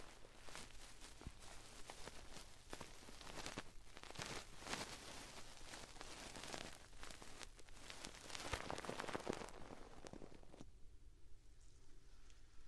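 Dry scratching and rustling of an ear-cleaning tool, a feather wand and ear pick. Dense crackly strokes come in quick irregular bursts, with sharper scrapes around eight to nine seconds, then it thins to quiet hiss near the end.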